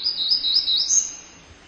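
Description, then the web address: Black-throated gray warbler giving a high, thin buzzy phrase of four wheezy notes, ending on a higher note that trails off. "cotor. Black-throated Gray Warbler"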